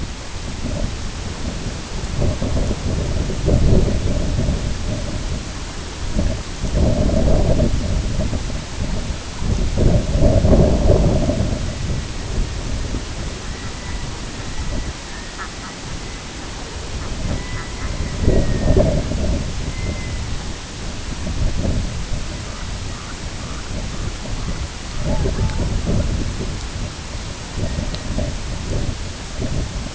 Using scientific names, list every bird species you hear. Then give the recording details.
Gavia stellata, Calidris fuscicollis, Clangula hyemalis. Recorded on Arctic tundra, site IGLO-B, on 23 June 2018. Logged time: 13:59